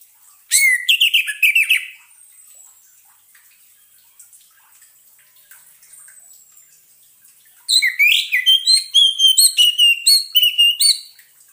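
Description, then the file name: Orange-headed thrush giving two bursts of song separated by a quiet pause, the second a fast string of sharp, chattering whistled notes. Lure sound played so the bird does not get stressed. "suara pancingan burung anis merah agar tidak stress"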